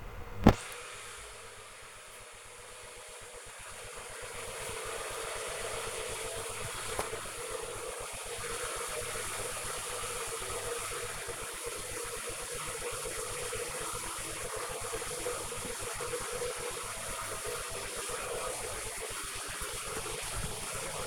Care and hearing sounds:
household activities, microphone on the right wrist
0.00-21.07 s: making tea

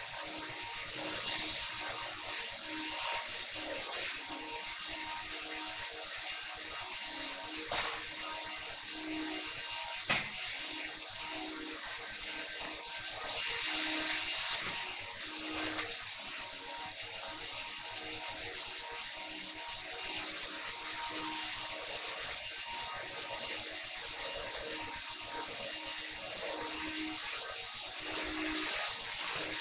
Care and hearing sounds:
household activities, microphone on the right wrist
0.00-29.61 s: vacuum cleaning

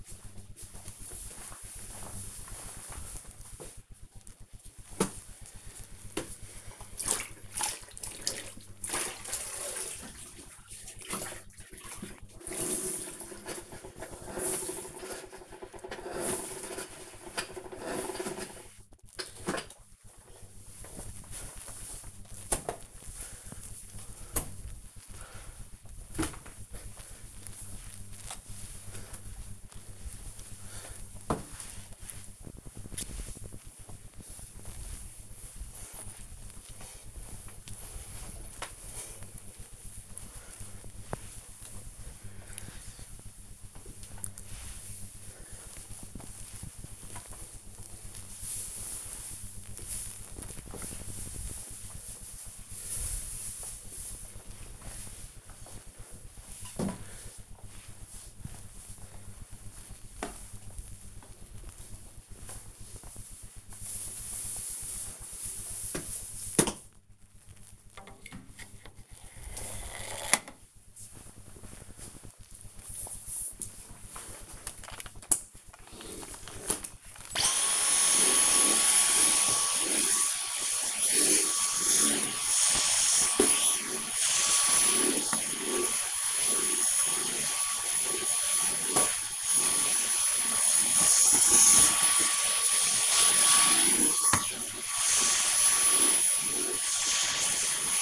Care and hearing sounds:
household activities, microphone on the right wrist
2.37-63.84 s: floor cleaning
74.92-98.02 s: vacuum cleaning

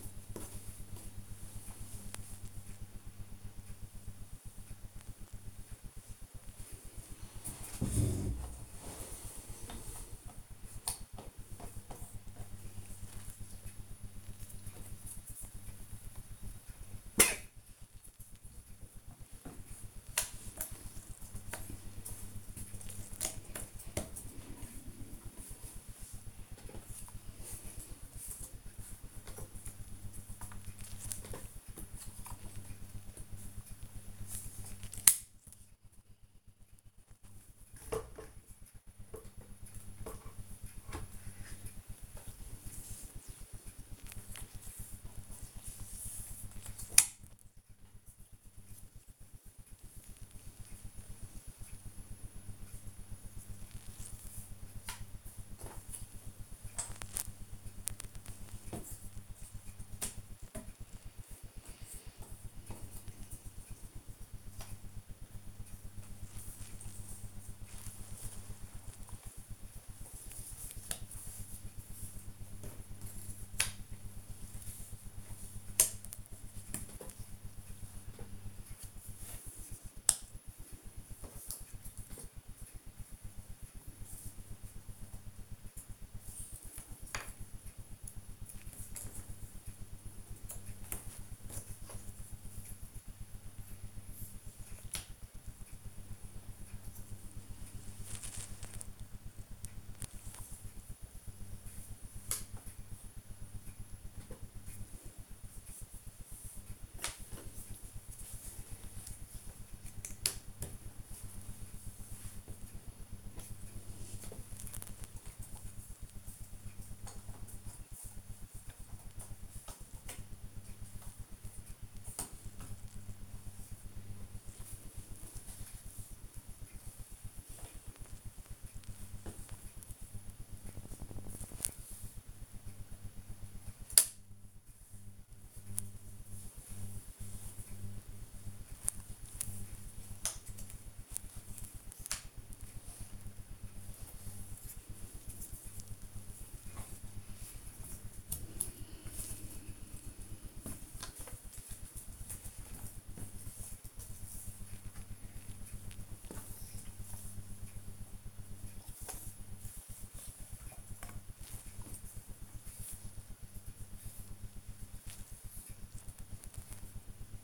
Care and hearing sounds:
household activities, microphone on the right wrist
0.00-26.50 s: doing a puzzle
28.50-167.44 s: doing a puzzle

